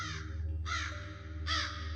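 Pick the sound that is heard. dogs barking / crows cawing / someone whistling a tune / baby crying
crows cawing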